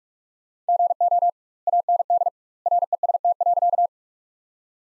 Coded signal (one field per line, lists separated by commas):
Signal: Morse code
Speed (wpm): 44 wpm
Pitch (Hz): 700 Hz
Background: none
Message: GO AND REST.